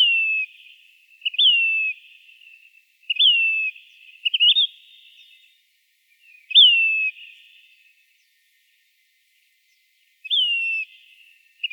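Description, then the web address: Say's phoebe giving soft, mournful whistles that slide downward, several of them at irregular intervals, with an occasional brief upswept note between. Arizona. "Flycatchers. deviche"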